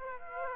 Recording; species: mosquito wingbeat signal from an infrared sensor; Aedes aegypti